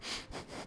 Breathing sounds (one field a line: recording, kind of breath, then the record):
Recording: one breath in and out by a microphone near the nose and mouth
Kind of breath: strong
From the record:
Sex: male